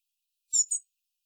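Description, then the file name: European robin calls: two short, thin, high-pitched notes in quick succession, then silence. "Erithacus rubecula"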